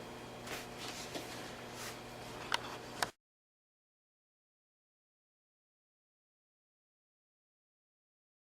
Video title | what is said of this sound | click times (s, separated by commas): Building a Computer - CDA 3003 | right behind the processor and you just push it in until it clicks | 2.5 s, 3.0 s